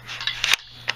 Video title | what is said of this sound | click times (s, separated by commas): Lift-Master Garage Door Opener Tear Down | it just goes one way. You slide it back and it goes click | 0.9 s